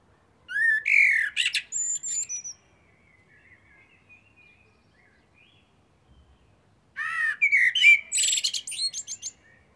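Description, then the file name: Common blackbird singing two phrases of high scratchy twittering, a pause of several seconds between them. "Turdus merula"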